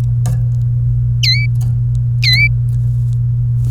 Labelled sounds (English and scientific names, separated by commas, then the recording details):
Domestic Canary (Serinus canaria) song
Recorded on 27 April 2018 at 17:55
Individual llb3